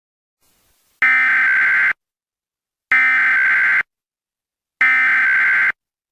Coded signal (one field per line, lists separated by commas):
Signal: Emergency Alert System (SAME) tones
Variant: header bursts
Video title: Free EAS I guess??